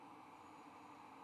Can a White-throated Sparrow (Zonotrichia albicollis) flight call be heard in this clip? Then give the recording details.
no. No flight call is heard. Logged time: 21:58 on 4 December 2014